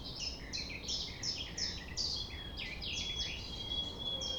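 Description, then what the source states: Common nightingale singing within a busy chorus of repeated chirps, with a long, pure, steady whistled note. Sung at 6 a.m. at sunrise near the Thève river at Champ de Ménage; the nightingale sings without waiting for silence.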